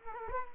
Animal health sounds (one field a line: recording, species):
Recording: mosquito wingbeat signal from an infrared sensor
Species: Culex quinquefasciatus